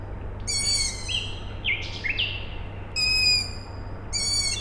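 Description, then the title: Owl chicks give three short, squeaky calls, with other sliding notes in between and a constant low mechanical drone. Owl chicks calling at night, Tuesday 21 May 2019, Siemianowice Śląskie, Poland; an industrial plant heard in the background; recorded with a Zoom H5 recorder and Audio-Technica BP4025 microphone. "Siemianowice Śląskie, Polska - Owl chicks"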